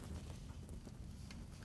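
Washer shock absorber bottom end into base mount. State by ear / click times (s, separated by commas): not seated / none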